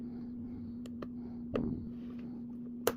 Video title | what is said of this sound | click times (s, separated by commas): 2007 Expedition overhead sunglass holder repair hinge. | there it goes you hear it snap in there | 2.9 s